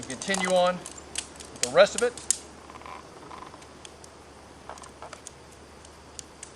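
Someone talks while an MSR shock-corded aluminium tent pole is unfurled and its sections are fitted end to end, each going into the ferrule of the adjoining section. Light metallic rattles and a couple of brief sharp ticks near 5.3 s and 6.2 s follow the talk. Nothing has seated or clicked into place yet.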